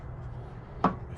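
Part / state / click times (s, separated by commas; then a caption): door hinge pin bushing into truck door hinge / not seated / none. A door hinge pin bushing is being hammered into a truck door hinge, and a single sharp hammer strike lands at about 0.8 seconds over a low steady background. Nothing has seated or clicked yet: the bushing is still not seated, with a finger-width gap left.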